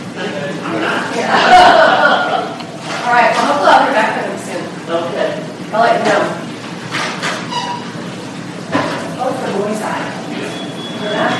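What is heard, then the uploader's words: In a hospital emergency room, overlapping voices talk steadily throughout, with louder bursts of speech near two and six seconds and occasional soft clatter. Hospital Emergency Room.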